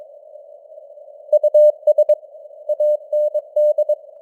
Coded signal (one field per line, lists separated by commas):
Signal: Morse code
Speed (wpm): 22 wpm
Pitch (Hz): 600 Hz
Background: none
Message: US AND